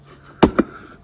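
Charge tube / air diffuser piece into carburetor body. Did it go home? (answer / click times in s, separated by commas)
yes / 0.4 s, 0.6 s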